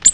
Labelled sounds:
Ovenbird (Seiurus aurocapilla) flight call

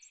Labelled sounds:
American Redstart (Setophaga ruticilla) flight call

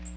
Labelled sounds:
Magnolia Warbler (Setophaga magnolia) flight call

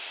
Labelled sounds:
Prairie Warbler (Setophaga discolor) flight call

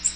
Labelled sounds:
Magnolia Warbler (Setophaga magnolia) flight call

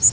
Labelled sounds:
Northern Waterthrush (Parkesia noveboracensis) flight call

